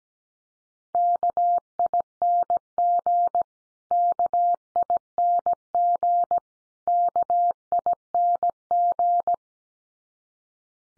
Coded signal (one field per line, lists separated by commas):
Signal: Morse code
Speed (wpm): 17 wpm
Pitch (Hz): 700 Hz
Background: none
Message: KING KING KING